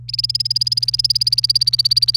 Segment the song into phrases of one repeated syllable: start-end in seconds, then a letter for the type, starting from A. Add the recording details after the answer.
0.08-2.17 A. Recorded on 28 April 2018 at 11:05. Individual llb3